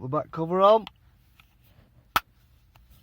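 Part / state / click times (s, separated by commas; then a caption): back cover onto car key fob housing / seated / 2.2 s. Someone talks, then a plastic back cover is pressed onto a BMW car key fob housing after a battery swap. One sharp, loud snap is heard at 2.2 s as the cover clips on and seats.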